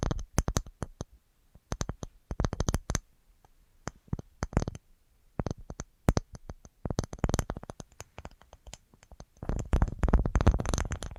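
ASMR tapping in quick bursts of sharp, crisp taps, clustered in short runs with brief silent gaps between them. The taps reach from a low thud up to bright clicky tops. Near the end they blur into a denser, continuous scratchy rustle.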